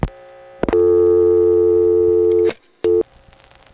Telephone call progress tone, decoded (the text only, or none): dial tone